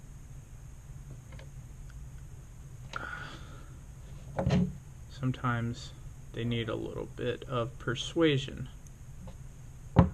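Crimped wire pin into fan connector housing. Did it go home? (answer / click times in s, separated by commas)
yes / 10.0 s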